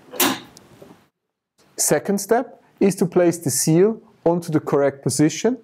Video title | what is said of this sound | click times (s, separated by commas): How to exchange a Rotavapor® vacuum seal | will know that the task is completed once you hear the click | 0.2 s